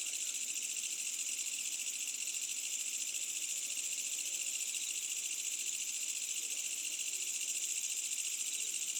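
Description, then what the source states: Insects in a night chorus, a steady high shimmering trill of many callers that never pauses. Medium-density insect ambience on a summer night, with a village in the distance.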